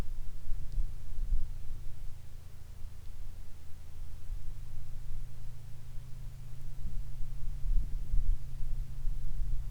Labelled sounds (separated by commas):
bird, wind, rain, aircraft